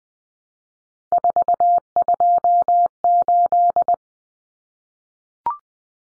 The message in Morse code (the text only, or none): 428